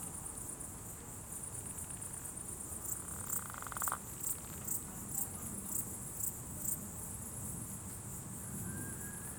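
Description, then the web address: Termite drumming: one brief burst of fast clicking taps, set against a continuous shrill insect drone with rhythmic pulses and a faint whistled note near the end. Recorded in October 2020. "etres a poils termites octobre 2020. Recoltes de sons"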